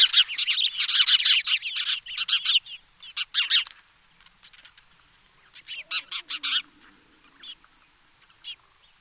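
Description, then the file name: House sparrow chirps, busy bursts of sharp notes at first, then thinning to scattered single chirps with quiet gaps. "Passer domesticus"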